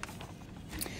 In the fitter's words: You just pop off this little piece here and